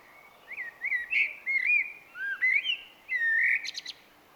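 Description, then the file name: Eurasian blackbird song: fluted, warbling whistles in several short phrases, ending in a thin, high squeaky twitter, over faint background hiss. "Turdus merula"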